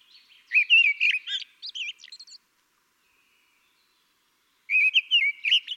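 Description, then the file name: Common blackbird song: one mellow warbling phrase ending in squeaky high notes, then a silent pause before a second phrase begins and is cut off. "Turdus merula"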